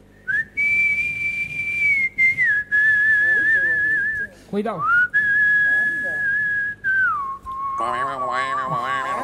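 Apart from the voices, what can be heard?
human whistling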